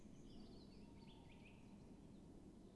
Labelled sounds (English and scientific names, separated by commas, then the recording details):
Tawny Owl (Strix aluco)
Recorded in Germany
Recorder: ecoPi